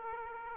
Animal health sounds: mosquito wingbeat signal from an infrared sensor; Aedes aegypti

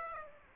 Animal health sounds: mosquito wingbeat signal from an infrared sensor; Aedes aegypti

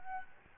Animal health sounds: mosquito wingbeat signal from an infrared sensor; Aedes albopictus

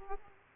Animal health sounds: mosquito wingbeat signal from an infrared sensor; Aedes aegypti

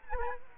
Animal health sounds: mosquito wingbeat signal from an infrared sensor; Culex quinquefasciatus

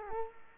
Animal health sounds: mosquito wingbeat signal from an infrared sensor; Culex quinquefasciatus

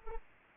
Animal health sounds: mosquito wingbeat signal from an infrared sensor; Anopheles arabiensis

